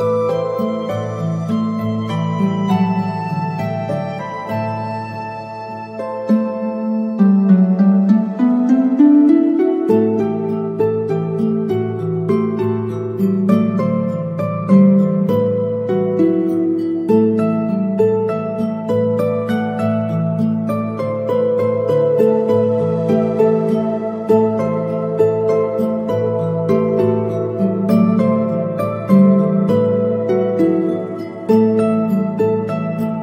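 A fantasy music loop with warm, sustained low and middle tones under a steady scatter of tiny bright sparkles, like fairy dust. Around seven to ten seconds a tone slides upward, and the level stays full and even throughout.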